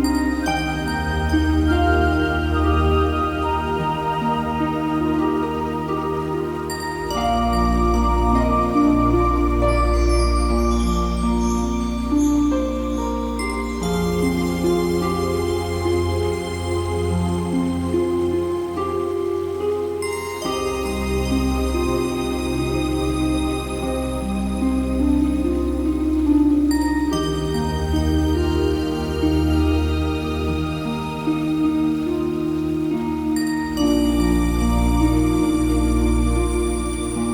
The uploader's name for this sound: Chakra Meditation Music and Relaxing Nature Sounds